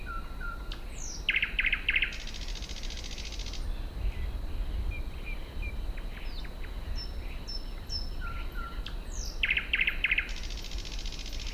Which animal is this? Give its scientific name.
Luscinia luscinia